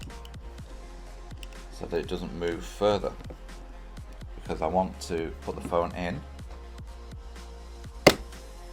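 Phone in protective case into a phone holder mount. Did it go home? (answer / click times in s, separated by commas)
yes / 8.1 s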